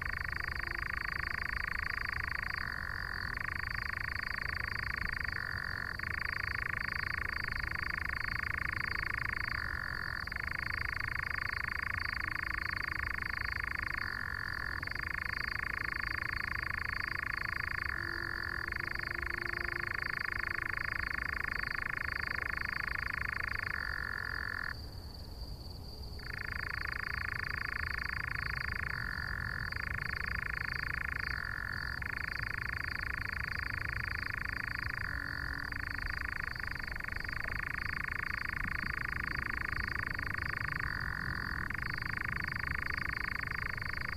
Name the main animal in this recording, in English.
Eurasian Nightjar